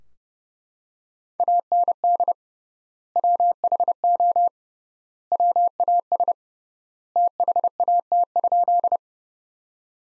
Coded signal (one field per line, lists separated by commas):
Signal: Morse code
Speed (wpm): 32 wpm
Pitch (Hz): 700 Hz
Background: none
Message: AND WHO WAS THAT?